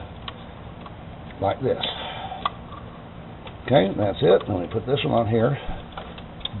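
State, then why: Seated. Someone talks while fitting the cruise control cable end onto the throttle body linkage of a 2006 Escape during throttle body removal and reinstallation, with a few faint ticks along the way. At 6.5 s the cable end is pushed on and snaps into place with a sharp click, confirming it is seated, since a cable end that doesn't snap in can pop off, jam and cause cruise control problems.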